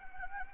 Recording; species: mosquito wingbeat signal from an infrared sensor; Anopheles gambiae